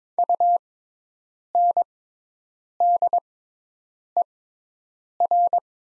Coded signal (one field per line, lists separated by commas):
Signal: Morse code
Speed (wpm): 22 wpm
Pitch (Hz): 700 Hz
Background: none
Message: UNDER